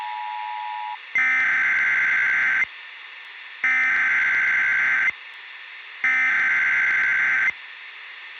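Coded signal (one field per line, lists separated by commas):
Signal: Emergency Alert System (SAME) tones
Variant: header bursts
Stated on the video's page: Fictional EAS scenario about a fire meteor, made as a Christmas special.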